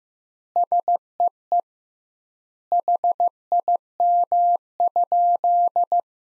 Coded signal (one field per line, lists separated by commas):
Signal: Morse code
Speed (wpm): 15 wpm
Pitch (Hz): 700 Hz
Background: none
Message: SEE HIM?